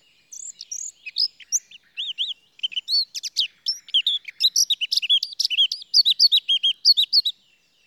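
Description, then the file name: Eurasian blackcap warbling a rapid, continuous stream of high chirps and downslurred whistled notes, growing busier and louder throughout. "Sylvia atricapilla"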